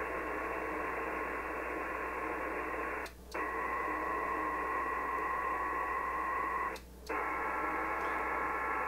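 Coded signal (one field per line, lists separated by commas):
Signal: HF data modem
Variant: PACTOR-III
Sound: continuous wide hissing data block with a faint steady tone, interrupted twice by short pauses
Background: radio static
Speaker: how robust the Packour protocol is that even with all that static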